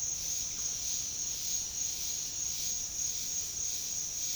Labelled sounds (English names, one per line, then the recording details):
none
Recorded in dense forest near Puerto Asís, Putumayo, Colombia, on 18 February 2024 at 08:00
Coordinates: 0.502, -76.324
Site G6370